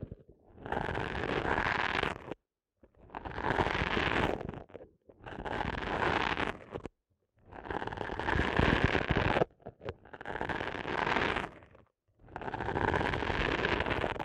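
Eardrum massage sounds: dense, crackling rubbing strokes that scrape and rustle across lows and highs alike. Six bursts of about two seconds each come at a steady rhythm, separated by brief moments of near silence.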